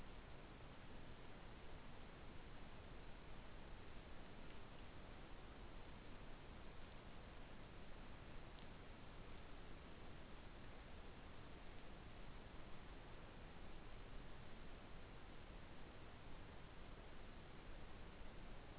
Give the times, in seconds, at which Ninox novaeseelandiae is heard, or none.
none